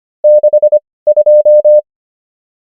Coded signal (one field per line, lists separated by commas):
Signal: Morse code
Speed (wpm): 25 wpm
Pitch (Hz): 600 Hz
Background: none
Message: 62